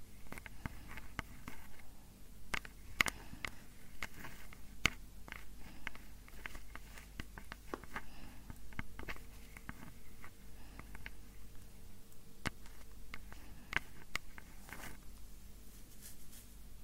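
Nail tapping runs through all seventeen seconds, a stream of crisp, irregular clicks, some quick clusters and a few sharper, louder taps near 3 and 5 seconds. A low, soft rumble sits underneath, and a faint steady hum appears from about 9 to 13 seconds.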